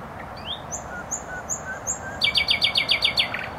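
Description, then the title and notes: Nightingale giving a few soft whistles, then a fast run of loud, even, repeated notes, against a background hum. Singing in bushes close to a noisy motorway in Bródno-Podgrodzie, Warsaw, Poland; recorded with a handheld digital recorder. "Bródno-Podgrodzie, Warszawa, Polska - Trasa Toruńska Nightingale. Recording nightingale singing in bushes close to noisy motorway"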